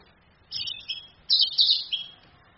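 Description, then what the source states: Orange-headed thrush song: two bright, high, jumbled warbling phrases, the second louder and longer. Female bird; used to train other birds, played from a phone screen.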